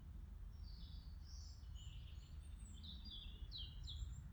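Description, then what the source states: Birds singing, several high chirping and warbling phrases scattered throughout over a steady low rumble. Birds in a forest, 17 March 2020.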